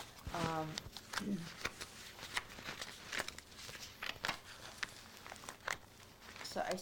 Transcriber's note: papers rustling